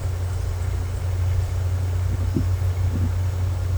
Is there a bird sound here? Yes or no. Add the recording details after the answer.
no. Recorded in secondary vegetation near Puerto Asís, Putumayo, Colombia, on 20 December 2024 at 10:00. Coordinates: 0.468, -76.324. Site G095